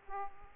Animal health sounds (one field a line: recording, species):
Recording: mosquito wingbeat signal from an infrared sensor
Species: Aedes aegypti